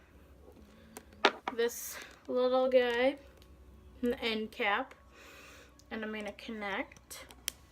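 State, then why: Seated. During a pump site change, a plastic infusion-set tubing connector is pushed onto a filled plastic insulin reservoir while someone talks. A sharp snap at 7.5 s marks the connector seating onto the reservoir.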